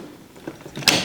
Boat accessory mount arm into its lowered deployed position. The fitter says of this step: click it down and then this set screw kind of just yep and then away away you go yeah kind of locks it in so